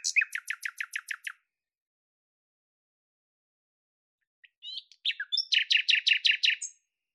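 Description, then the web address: Bird song: a brisk run of sharp repeated notes, a pause of three seconds, then short chirps leading into another fast, regular trill. "Deverinetal 2025"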